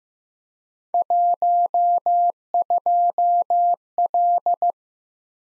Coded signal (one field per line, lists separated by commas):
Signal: Morse code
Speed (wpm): 15 wpm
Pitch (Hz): 700 Hz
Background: none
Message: 12L